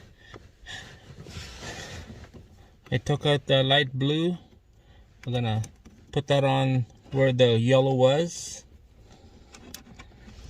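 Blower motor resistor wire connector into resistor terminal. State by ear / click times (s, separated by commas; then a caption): seated / 9.8 s. A light blue wire connector is pushed onto the blower motor resistor terminal where the yellow one was, on a 2005+ Chevy Aveo/Optra A/C blower. Someone talks, then after a pause a sharp click is heard at 9.8 s, with faint taps just before and after. The connector is seated.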